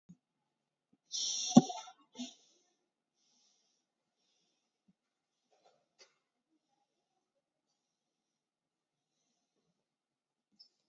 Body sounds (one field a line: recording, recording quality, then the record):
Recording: deep breathing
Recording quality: excellent, no background noise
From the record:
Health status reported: COVID-19 positive, moderate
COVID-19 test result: positive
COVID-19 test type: RT-PCR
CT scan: not taken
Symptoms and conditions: cough, cold, sore throat, fever, fatigue, muscle pain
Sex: female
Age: 30 years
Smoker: no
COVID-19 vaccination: none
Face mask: worn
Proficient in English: yes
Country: India